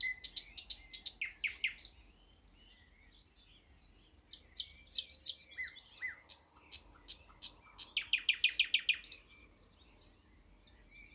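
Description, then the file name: Thrush nightingale song: a fast series of sharp repeated notes, a pause with faint twitters, then more clicking notes and a quick rattle. "thrush nightingale - luscinia luscinia"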